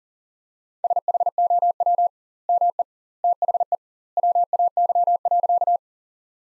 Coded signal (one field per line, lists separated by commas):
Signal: Morse code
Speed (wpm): 40 wpm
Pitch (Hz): 700 Hz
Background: none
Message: SHOW ME THE WAY.